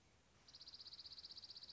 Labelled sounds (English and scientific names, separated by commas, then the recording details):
Dark-eyed Junco (Junco hyemalis)
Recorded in Sonoma County, California